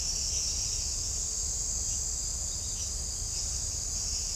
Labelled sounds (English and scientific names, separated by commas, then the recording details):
none
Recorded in shrubland near Pivijay, Magdalena, Colombia, on 5 June 2023 at 02:30
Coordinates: 10.453, -74.365
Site P5-G022